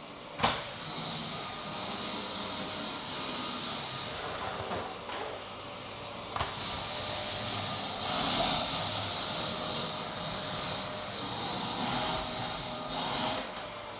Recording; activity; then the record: daily activity, microphone in the room; vacuum cleaning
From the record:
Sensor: 3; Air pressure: 1002.0 hPa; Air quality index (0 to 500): 248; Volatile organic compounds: 52 ppm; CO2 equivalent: 3321 ppm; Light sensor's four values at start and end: 12/37/16/13 and 12/36/15/13